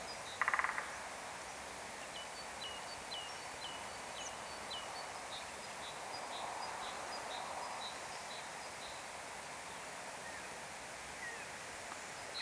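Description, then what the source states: Bird calls, a long run of thin high chirps repeated evenly for several seconds, with a brief sharp burst at the start and constant wind hiss throughout. Forest with light wind.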